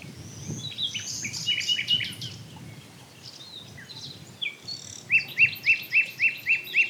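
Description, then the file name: Common nightingale singing varied high chirps and trills, ending in a fast, evenly spaced series of loud repeated notes; faint low background noise. "Luscinia megarhynchos"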